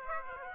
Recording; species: mosquito wingbeat signal from an infrared sensor; Aedes aegypti